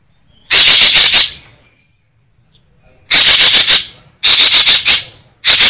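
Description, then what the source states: Green magpie calls: bursts of rapid, grating pulses, each lasting under a second, with a pause of about two seconds before the next run follows quickly. Variations of green magpie vocalisations, called ekek geling in Indonesian.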